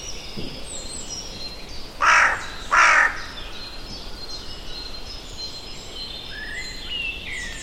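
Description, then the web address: Bird calls: two harsh, loud caws a little under a second apart, set against a steady background of faint high chirping from other birds. "Bird Only"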